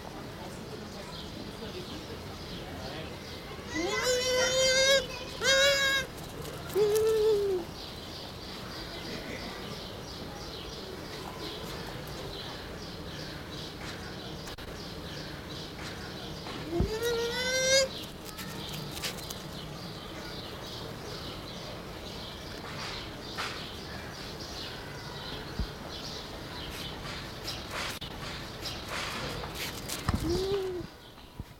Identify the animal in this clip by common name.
Bush Dog